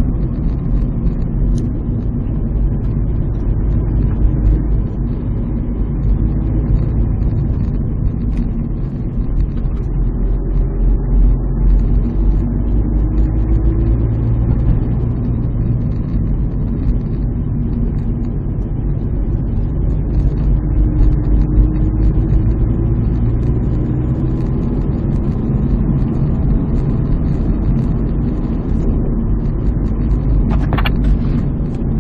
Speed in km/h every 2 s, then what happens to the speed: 42, 38, 39, 41, 36, 35, 41, 44, 37, 37, 37, 47, 53, 57, 56, 52.
0-6 steady at about 39. 6-10 slows to 35. 10-14 speeds up to 44. 14-16 brakes to 37. 20-26 speeds up to 57.